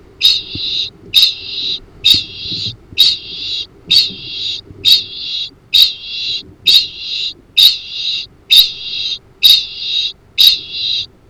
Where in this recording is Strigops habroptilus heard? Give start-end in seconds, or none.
0.00-11.30